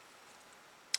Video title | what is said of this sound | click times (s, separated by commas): Spinmaster Batman 2020 4" King Shark deluxe review | that when they click into place it holds these up | 0.9 s